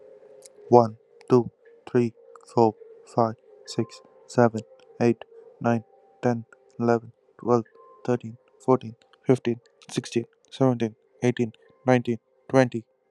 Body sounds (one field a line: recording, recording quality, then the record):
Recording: counting at a normal pace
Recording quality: excellent, no background noise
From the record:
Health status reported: healthy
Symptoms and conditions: none ticked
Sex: male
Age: 25 years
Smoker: yes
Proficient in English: yes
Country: India